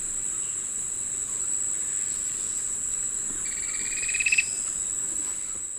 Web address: Natures Songs S America Eastern Lowlands. Myrmotherula multostriata, rattle song male